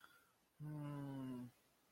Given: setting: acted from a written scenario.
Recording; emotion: vocal sound without words; confusion